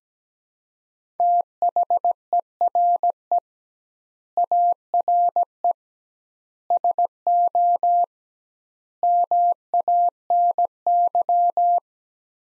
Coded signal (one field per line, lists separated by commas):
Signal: Morse code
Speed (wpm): 17 wpm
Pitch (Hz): 700 Hz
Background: none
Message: THERE ARE SO MANY